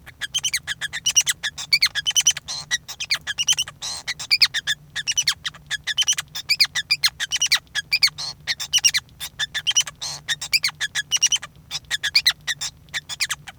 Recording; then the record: song of a male Bengalese finch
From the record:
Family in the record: son of father 5